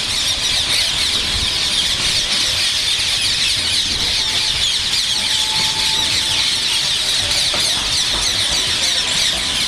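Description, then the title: Rose-ringed parakeets screeching in a dense, continuous flock chorus of harsh, high calls that overlap throughout, with no pauses. Very social bird, an introduced species becoming ever more common and spreading steadily northward. "vogel der woche. Halsbandsittich"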